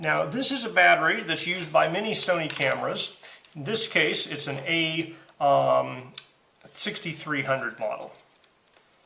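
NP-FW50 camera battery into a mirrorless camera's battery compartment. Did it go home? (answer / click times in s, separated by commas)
yes / 8.4 s, 8.7 s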